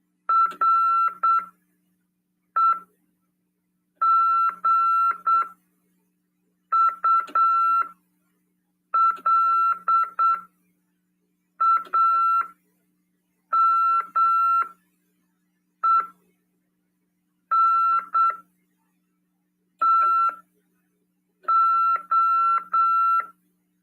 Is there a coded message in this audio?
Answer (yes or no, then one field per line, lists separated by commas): yes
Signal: Morse code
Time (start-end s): 0.3-23.2 s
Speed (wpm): 8 wpm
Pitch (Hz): 1340 Hz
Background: none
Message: REGULAMENTO